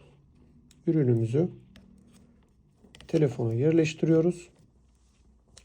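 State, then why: Not seated. A tempered-glass screen protector installation frame is placed over a smartphone while someone talks. Only faint, small taps are heard and no click comes, so the frame has not seated or locked onto the phone yet.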